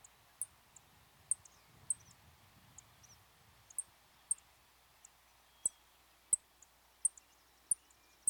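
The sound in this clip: LeConte's sparrow giving sharp, very high chip notes, about a dozen spaced irregularly, over quiet hiss with soft low rumbles early on.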